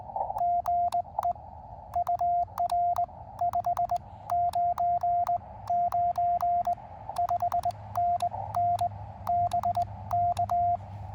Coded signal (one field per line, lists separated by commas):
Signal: Morse code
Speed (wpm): 20 wpm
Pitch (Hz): 700 Hz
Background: radio noise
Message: GE UR 599 5NN BK